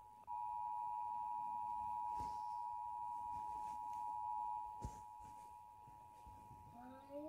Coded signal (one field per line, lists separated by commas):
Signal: Emergency Alert System (SAME) tones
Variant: 853 and 960 Hz attention tone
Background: speech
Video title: SUPER GLITCHY EAS TEST!!😱😰| 1/2/2005 Ohio EAS Test (MOCK)